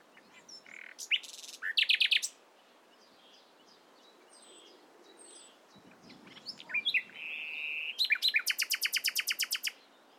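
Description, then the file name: Common nightingale song: a short phrase of varied notes, soft scattered twitters, then a long, fast, evenly repeated trill. "Luscinia megarhynchos"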